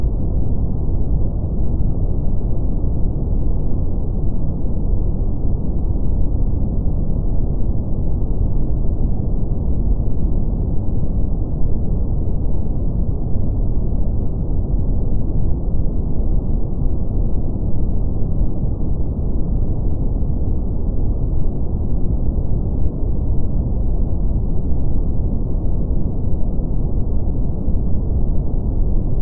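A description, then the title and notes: Brown noise, a deep, steady rumble that holds at an even level for the whole stretch. The sound is dense and low, heaviest at the bottom and fading out above the midrange, with no high hiss and no separate events or changes. Brown Noise.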